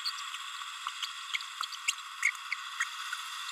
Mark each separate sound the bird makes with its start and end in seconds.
1.02-1.06, 1.33-1.37, 1.87-1.92, 2.22-2.31, 2.80-2.84